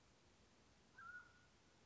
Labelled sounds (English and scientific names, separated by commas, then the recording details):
Mountain Quail (Oreortyx pictus)
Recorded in Sonoma County, California